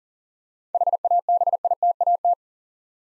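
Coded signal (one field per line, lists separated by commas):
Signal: Morse code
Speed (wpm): 38 wpm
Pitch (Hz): 700 Hz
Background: none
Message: HABITAT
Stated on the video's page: Morse code practice drill of 7-letter words at 40 wpm, each word sent twice, for head-copy and instant character recognition.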